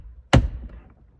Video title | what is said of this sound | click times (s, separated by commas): 2014 Caprice PPV Chevy SS Sedan Center Console Install! | it click somewhere nice it's good enough for me yeah | 0.3 s